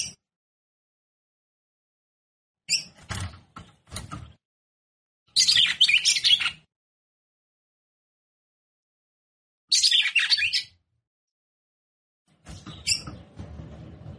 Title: Canto Galo De Campina. Fêmea De Galo De Campina Batendo Fogo